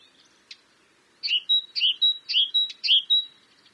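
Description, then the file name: Great tit song: a brief faint note, then four quick two-note phrases, a low buzzy note and a high whistle, repeated about every half second. "Parus major"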